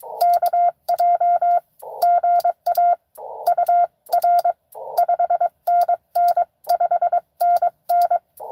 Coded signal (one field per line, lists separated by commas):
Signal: Morse code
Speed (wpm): 23 wpm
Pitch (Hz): 690 Hz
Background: radio noise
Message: KJ GA UR 5NN 5NN